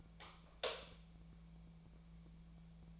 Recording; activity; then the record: daily activity, microphone in the room; light off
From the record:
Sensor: 1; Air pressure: 1000.0 hPa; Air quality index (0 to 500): 131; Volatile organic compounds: 2 ppm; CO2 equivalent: 1235 ppm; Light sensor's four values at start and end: 36/97/39/47 and 32/82/34/42